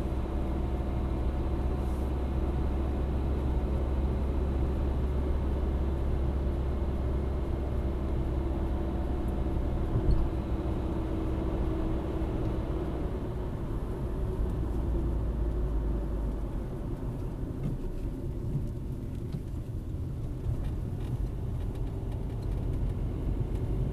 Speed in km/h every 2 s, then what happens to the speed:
71, 71, 73, 71, 70, 72, 66, 55, 43, 22, 22, 21.
0-11 steady at about 71. 11-18 brakes to 22. 18-24 steady at about 22.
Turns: 15-24.